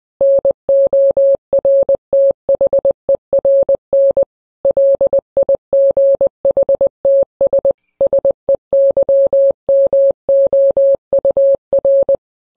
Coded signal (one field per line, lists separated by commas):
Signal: Morse code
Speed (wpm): 20 wpm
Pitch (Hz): 550 Hz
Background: none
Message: NORTHERN LIGHTS SEYMOUR